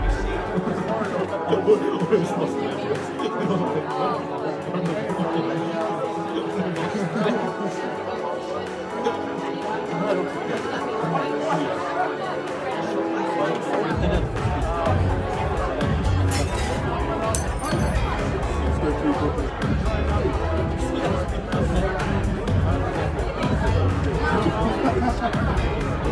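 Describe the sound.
Murmuring bar noise: many voices talking over one another in a steady, dense chatter with no single speaker standing out. Around the halfway point a low rumble joins underneath, and brief bright clinks surface now and then, especially near the sixteen-second mark.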